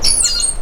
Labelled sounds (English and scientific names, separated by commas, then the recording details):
Stitchbird (Notiomystis cincta) song
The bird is a male
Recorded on Tiritiri Matangi Island, New Zealand, in 2005
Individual 12, of nest box 16